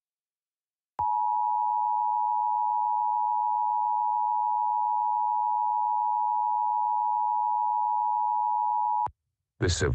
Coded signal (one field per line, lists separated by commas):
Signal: Emergency Alert System (SAME) tones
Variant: 853 and 960 Hz attention tone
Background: speech